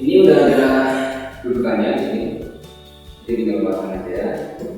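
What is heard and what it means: A Starlink satellite dish mast is handled at its plastic mounting base, ready to be pushed in and locked. Someone talks throughout, with faint background music. Nothing has seated or clicked yet.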